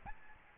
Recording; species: mosquito wingbeat signal from an infrared sensor; Aedes albopictus